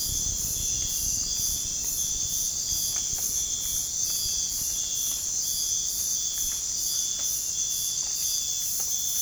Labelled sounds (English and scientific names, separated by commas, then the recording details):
none
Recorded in pastures near Puerto Asís, Putumayo, Colombia, on 30 June 2025 at 05:00
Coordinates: 0.466, -76.322
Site GP07